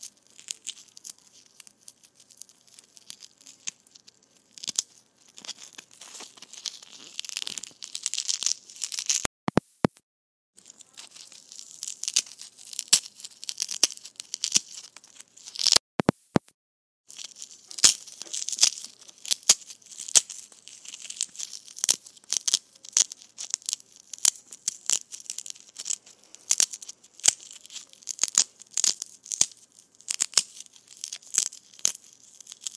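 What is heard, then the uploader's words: Foam balls squish and crinkle, dense crackly bright rustling with brief silences near ten and sixteen seconds. ASMR Foam Balls Squishing.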